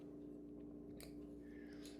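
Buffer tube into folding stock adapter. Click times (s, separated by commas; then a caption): 1.0 s. A rifle buffer tube is screwed into a metal folding stock adapter until it locks into place, the tube rotating in just enough to sit over the lock so it doesn't come flying out. Over a steady low hum, a sharp, short, bright click sounds at 1.0 s as the tube seats. The buffer tube is locked into the adapter.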